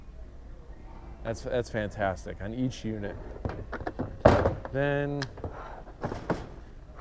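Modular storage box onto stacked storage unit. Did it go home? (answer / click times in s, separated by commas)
yes / 4.3 s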